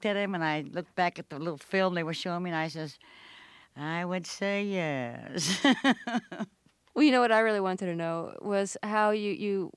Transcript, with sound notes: And I looked at him, and I looked back at the little film they were showing me, and I says, I would say yes (laughter).
Well, you know, what I really wanted to know was how